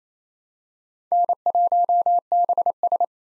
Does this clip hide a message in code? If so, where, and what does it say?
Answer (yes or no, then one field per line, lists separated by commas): yes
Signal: Morse code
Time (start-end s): 1.1-3.0 s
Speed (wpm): 28 wpm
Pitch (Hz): 700 Hz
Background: none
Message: N1BS